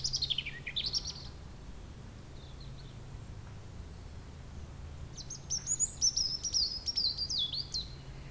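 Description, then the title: European robin song: a descending high phrase, a pause, then a longer rapid trilling run of thin high notes; low steady hum behind. Sung at sunset on the shore of Lac du Bourget near the chapel, Brison-Saint-Innocent, France, with the nearby road closed to traffic and the area quiet. "28 Chem. de la Chapelle, Brison-Saint-Innocent, France - rouge-gorge."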